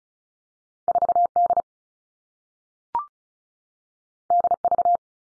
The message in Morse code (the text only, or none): 4 D D V